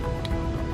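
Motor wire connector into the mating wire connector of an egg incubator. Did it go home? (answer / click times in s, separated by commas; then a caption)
yes / 0.2 s. The motor's wire connector of an automatic 100-egg incubator is pushed into the matching wire connector in the machine, pressing the two plastic connector halves together over a steady background hum. A short, sharp click sounds at 0.3 s as the connector clips together and seats.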